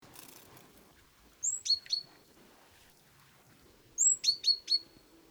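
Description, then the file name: Great tit calling twice, each phrase a thin high note followed by two or three sharp tick notes, with a brief rustling noise at the start. "Parus major"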